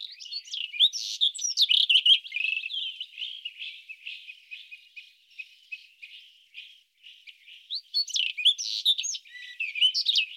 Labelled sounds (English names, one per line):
White-throated Robin song